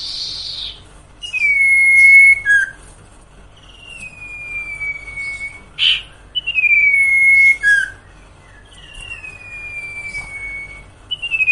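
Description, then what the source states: Sirtu song of drawn-out clear whistles, some closing with a quick dropping note, plus a brief sharp click and a short hissy note. Masteran training song for cage birds, with the full range of song variations.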